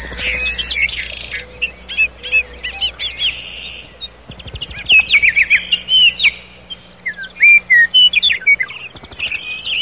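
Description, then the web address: Common nightingale song: varied phrases of whistles, chuckling notes and sharp clicks, rich and changing every second or two, with brief pauses between bursts. "rouxinol comum canto do rouxinol comum"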